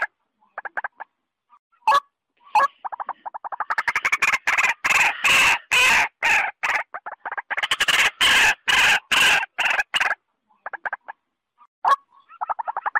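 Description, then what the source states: White-breasted waterhen calls: scattered clucking notes build into a loud, harsh, rasping series of grunts and croaks, then fade back to sparse clucks. Female white-breasted waterhen calling.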